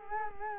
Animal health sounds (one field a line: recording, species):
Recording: mosquito wingbeat signal from an infrared sensor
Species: Culex quinquefasciatus